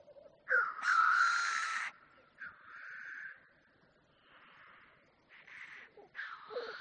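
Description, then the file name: Black grouse giving several breathy hissing calls, the first long and loud, the rest quieter. "audio hero Bird Black Grouse"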